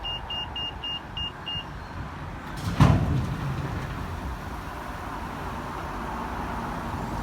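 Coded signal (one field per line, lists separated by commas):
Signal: beep code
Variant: Pelican pedestrian crossing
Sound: series of about six quick high beeps, then a thud and passing traffic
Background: road traffic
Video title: I founded another Pelacan crossing beeping sound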